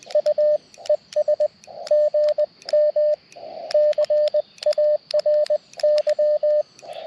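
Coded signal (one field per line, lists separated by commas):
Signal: Morse code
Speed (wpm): 20 wpm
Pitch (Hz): 600 Hz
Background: radio noise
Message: U ES GM CARY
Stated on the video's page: QRP CW from a Parks on the Air activation on 30 meters with a nearly constant pileup, using a TX-500 or Elecraft KX2.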